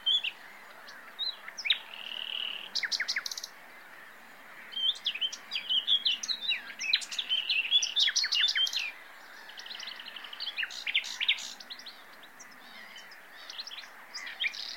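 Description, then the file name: Common nightingale song in separate phrases: a steady buzzy note, clusters of sharp clicks and chirps, and brief pauses between bursts. "Luscinia megarhynchos"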